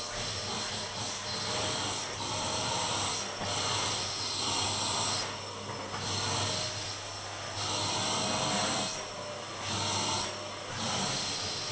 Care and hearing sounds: daily activity, microphone in the room; vacuum cleaning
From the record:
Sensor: 4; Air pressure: 1010.4 hPa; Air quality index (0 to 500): 179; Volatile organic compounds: 5 ppm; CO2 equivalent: 1813 ppm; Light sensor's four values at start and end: 33/96/38/38 and 32/95/37/37

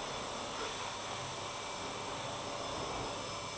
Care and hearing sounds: daily activity, microphone in the room; vacuum cleaning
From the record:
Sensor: 1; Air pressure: 1007.7 hPa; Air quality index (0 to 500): 78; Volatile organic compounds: 1 ppm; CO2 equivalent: 677 ppm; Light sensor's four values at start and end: 9/22/9/10 and 9/22/9/10

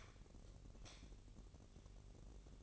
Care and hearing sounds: daily activity, microphone in the room; light off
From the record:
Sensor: 4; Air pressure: 1012.7 hPa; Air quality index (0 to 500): 248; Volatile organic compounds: 4 ppm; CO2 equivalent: 1689 ppm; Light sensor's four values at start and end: 17/43/17/18 and 14/33/13/14

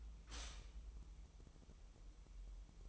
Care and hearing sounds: daily activity, microphone in the room; stop toaster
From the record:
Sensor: 1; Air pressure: 988.6 hPa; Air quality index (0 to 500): 197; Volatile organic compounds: 947 ppm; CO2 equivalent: 5241 ppm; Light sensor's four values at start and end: 25/95/36/37 and 25/95/36/37

